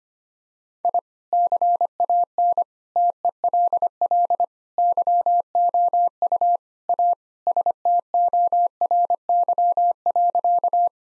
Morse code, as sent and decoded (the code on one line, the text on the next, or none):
.. / -.-. .- -. / - . .-.. .-.. / -.-- --- ..- / .- / ... - --- .-. -.-- .-.-.-
I CAN TELL YOU A STORY.